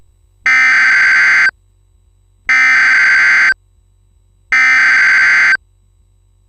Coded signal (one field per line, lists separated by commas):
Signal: Emergency Alert System (SAME) tones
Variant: header bursts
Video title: STARFALL: A EAS Long Scenario/Analog Horror